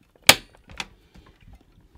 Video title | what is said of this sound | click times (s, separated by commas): UPGRADING THE PC | Wait for the click | 0.3 s